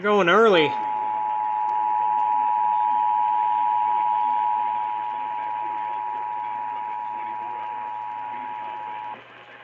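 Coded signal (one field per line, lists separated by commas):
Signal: Emergency Alert System (SAME) tones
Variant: 853 and 960 Hz attention tone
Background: speech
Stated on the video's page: Emergency Alert System tests.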